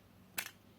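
A press-fit cap is pulled off a Wingsung 601A fountain pen body. A sharp, bright pop at 0.4 s, with a quick smaller follow-up, stands out against a faint, steady background. The cap releases from the pen.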